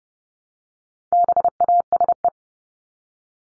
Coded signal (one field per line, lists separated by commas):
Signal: Morse code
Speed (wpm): 30 wpm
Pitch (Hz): 700 Hz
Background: none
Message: BASE